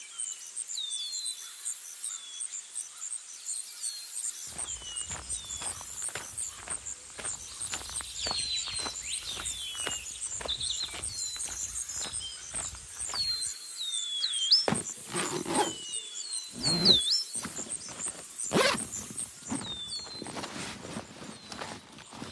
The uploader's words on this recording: Sound Design – Wildfire. You're walking in the forest when suddenly...there's a wildfire.